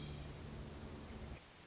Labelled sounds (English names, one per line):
Hermit Thrush